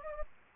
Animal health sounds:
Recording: mosquito wingbeat signal from an infrared sensor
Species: Anopheles gambiae

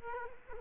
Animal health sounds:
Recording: mosquito wingbeat signal from an infrared sensor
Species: Culex quinquefasciatus

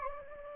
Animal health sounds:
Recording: mosquito wingbeat signal from an infrared sensor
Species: Anopheles gambiae

